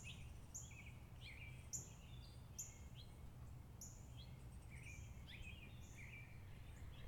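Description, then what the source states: Birds chirping, many short high notes over a constant low hum, with a sharp click at the end. Outside a house, birds chirping.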